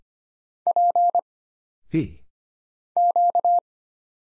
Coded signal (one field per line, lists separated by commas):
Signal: Morse code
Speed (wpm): 25 wpm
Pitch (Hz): 700 Hz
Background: none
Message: P Q